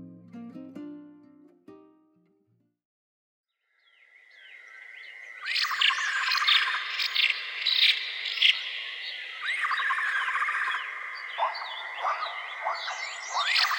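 Birds and insects fill a forest after a short opening of low, tonal sound that fades to near silence by about three seconds. From around four seconds a steady high insect drone sets in, and from five seconds dense bird chirps and trills overlap with an echoing quality.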